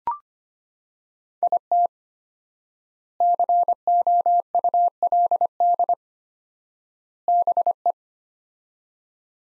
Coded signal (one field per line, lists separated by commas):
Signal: Morse code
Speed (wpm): 25 wpm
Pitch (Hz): 700 Hz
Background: none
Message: IT COULD BE